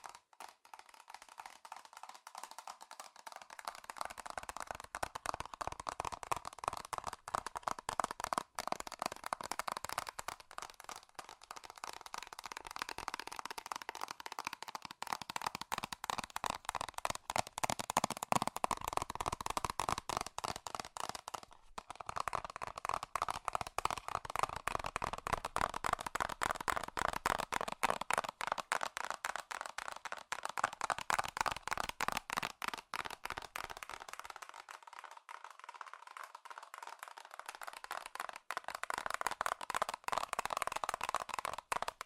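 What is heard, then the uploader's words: Fast, furious tapping on metal runs nonstop, a dense rapid patter of bright clicks ringing in the midrange. The intensity swells and eases in waves, with brief quieter dips around 4, 15, 22 and 35 seconds. ASMR FAST & FURIOUS TAPPING Metal Sounds (No Talking).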